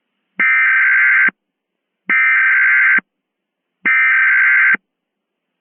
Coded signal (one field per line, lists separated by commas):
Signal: Emergency Alert System (SAME) tones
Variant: header bursts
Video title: #8 EAS Mock: Charlotte's Volcano (Halloween 2023)